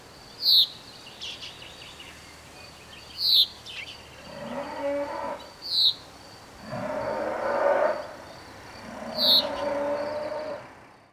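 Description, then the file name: Common chaffinch calling with four sharp, ringing notes spaced a few seconds apart, while cattle low repeatedly in the background. "Fringilla coelebs"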